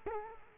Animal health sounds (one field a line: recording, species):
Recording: mosquito wingbeat signal from an infrared sensor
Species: Culex quinquefasciatus